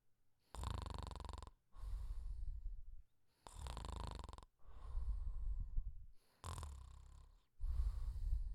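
Three breath cycles, about 21 a minute. Each inhale is a loud, harsh, rattling buzz, followed by a softer, fluttering exhale. This is snoring, the vibration of the soft tissues of the throat during sleep.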